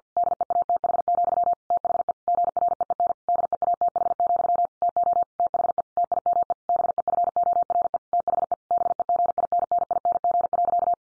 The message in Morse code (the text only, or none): DEATH, THE GREEN DEATH, TO THE TIME BEFORE THE BEGINNING.